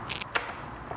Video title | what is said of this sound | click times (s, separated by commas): New LED Headlight with Running Light Bar for Vespa GTS HPE | and we'll just snap right into this top top position right there | 0.4 s